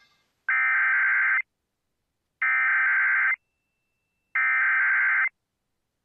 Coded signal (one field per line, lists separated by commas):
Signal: Emergency Alert System (SAME) tones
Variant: header bursts